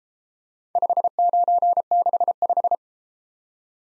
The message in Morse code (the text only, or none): 5965